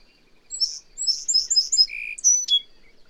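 Bird gives a short high song of rapid chirping notes, then a lower buzzy note and two sharp, sliding whistles to finish.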